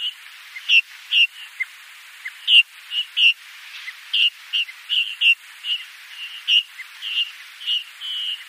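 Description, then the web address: Bar-tailed lark calls: many short, clear high notes repeated at irregular intervals. "Schulze Peter Bar-tailed Lark calls"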